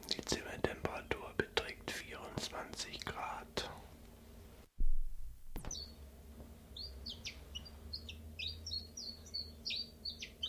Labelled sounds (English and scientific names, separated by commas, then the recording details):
Common Chiffchaff (Phylloscopus collybita)
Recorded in captivity
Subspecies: collybita
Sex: male
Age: adult
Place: Zoologisches Institut Universität Tübingen, Baden-Württemberg, DE
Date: 1963-03-09
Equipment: LGS26
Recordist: Schneider, Hans-Joachim